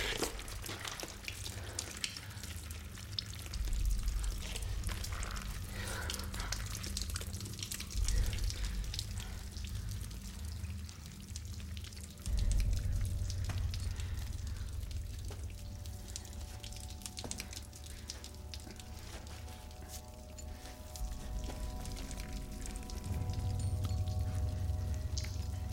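Water trickles steadily down rocks as a person drinks from it, with soft splashes and drips, layered over a low, constant rumble; faint sustained tones rise in the background partway through.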